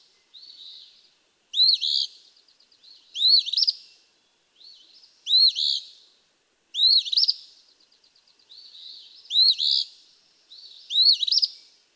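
Eastern phoebe singing, harsh chattering fee-bee phrases given about six times, alternating with quieter buzzy notes, against a silent background.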